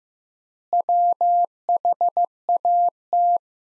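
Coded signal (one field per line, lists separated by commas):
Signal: Morse code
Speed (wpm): 15 wpm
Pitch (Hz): 700 Hz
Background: none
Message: WHAT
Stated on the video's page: Practice sentences built from the top 100 words, sent at 15 wpm with 3x standard word spacing, a word-level analogue of Farnsworth spacing.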